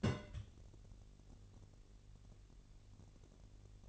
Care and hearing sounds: daily activity, microphone in the room; place on stove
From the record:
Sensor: 4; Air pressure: 1002.8 hPa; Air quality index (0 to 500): 239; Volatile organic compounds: 10 ppm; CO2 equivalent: 2246 ppm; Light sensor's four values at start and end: 7/16/6/6 and 7/16/6/6

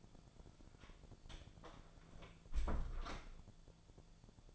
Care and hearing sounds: daily activity, microphone in the room; close door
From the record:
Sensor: 5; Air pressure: 1000.6 hPa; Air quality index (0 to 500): 153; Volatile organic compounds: 2 ppm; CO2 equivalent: 1181 ppm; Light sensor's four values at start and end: 47/110/46/49 and 47/110/46/49

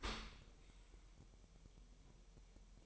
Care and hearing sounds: daily activity, microphone in the room; open dishwasher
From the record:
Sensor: 1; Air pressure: 1000.6 hPa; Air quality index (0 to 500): 248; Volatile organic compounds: 147 ppm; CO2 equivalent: 4009 ppm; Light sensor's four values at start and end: 11/28/11/12 and 11/28/11/12

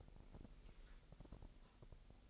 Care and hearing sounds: daily activity, microphone in the room; take from stove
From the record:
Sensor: 5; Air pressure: 999.3 hPa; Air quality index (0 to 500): 223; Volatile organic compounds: 21 ppm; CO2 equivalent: 2722 ppm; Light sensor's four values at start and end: 30/68/28/27 and 31/71/29/28

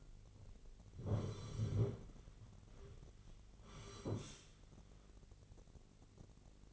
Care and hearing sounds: daily activity, microphone in the room; sit down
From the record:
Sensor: 4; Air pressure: 1010.1 hPa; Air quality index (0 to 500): 185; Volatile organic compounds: 3 ppm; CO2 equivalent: 1339 ppm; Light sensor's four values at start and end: 43/105/44/47 and 43/105/44/48

